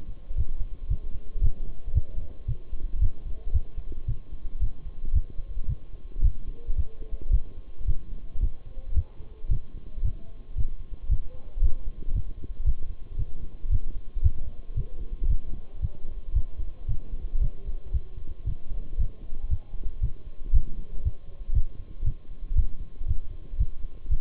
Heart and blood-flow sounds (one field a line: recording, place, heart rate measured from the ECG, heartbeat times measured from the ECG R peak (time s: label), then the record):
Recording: heart sounds by stethoscope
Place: between the tricuspid and mitral areas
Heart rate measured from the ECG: 114 bpm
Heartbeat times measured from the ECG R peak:
0.37 s: heartbeat
0.90 s: heartbeat
1.43 s: heartbeat
1.95 s: heartbeat
2.48 s: heartbeat
3.02 s: heartbeat
3.54 s: heartbeat
4.08 s: heartbeat
4.62 s: heartbeat
5.15 s: heartbeat
5.69 s: heartbeat
6.24 s: heartbeat
6.77 s: heartbeat
7.33 s: heartbeat
7.88 s: heartbeat
8.42 s: heartbeat
8.96 s: heartbeat
9.51 s: heartbeat
10.04 s: heartbeat
10.57 s: heartbeat
11.11 s: heartbeat
11.63 s: heartbeat
12.15 s: heartbeat
12.66 s: heartbeat
13.19 s: heartbeat
13.71 s: heartbeat
14.24 s: heartbeat
14.77 s: heartbeat
15.30 s: heartbeat
15.82 s: heartbeat
16.35 s: heartbeat
16.89 s: heartbeat
17.41 s: heartbeat
17.94 s: heartbeat
18.47 s: heartbeat
18.99 s: heartbeat
19.51 s: heartbeat
20.03 s: heartbeat
20.54 s: heartbeat
21.05 s: heartbeat
21.55 s: heartbeat
22.06 s: heartbeat
22.57 s: heartbeat
23.08 s: heartbeat
23.60 s: heartbeat
24.11 s: heartbeat
From the record:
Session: Bruce protocol treadmill stress test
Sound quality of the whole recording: partially saturated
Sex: male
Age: 23 years